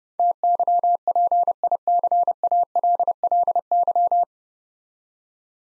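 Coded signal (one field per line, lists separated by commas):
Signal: Morse code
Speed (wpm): 30 wpm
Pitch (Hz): 700 Hz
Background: none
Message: TYPICALLY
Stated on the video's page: Morse drill of nine-letter words at 30 wpm, each sent, spoken, then sent again for head-copy practice.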